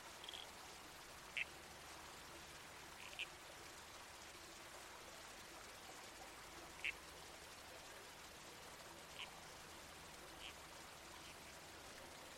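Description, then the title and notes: Red-crowned toadlet calls, several brief sharp notes spaced irregularly against a soft background wash of flowing water. Night soundscape in the bush with a babbling creek and trees swaying in the wind. "Red-Crowned Toadlet. Nocturnal Worlds"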